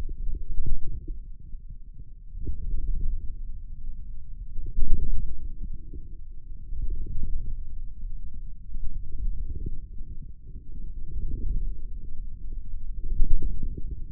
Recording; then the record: forearm muscle sounds (acoustic myography)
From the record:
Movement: wrist flexion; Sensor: system 2, bracelet of six BSWA MPA416 microphones around the upper forearm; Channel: 6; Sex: male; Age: 22 years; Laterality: right